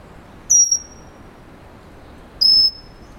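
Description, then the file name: Pygmy Wren-babbler giving two high, thin, sharp-edged whistled notes about two seconds apart. "wren-babbler-pygmy Pnoepyga-pusilla"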